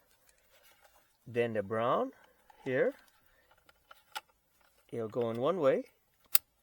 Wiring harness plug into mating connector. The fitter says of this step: You hear it click, nice and solid, and then you want to put it in here nice and easy.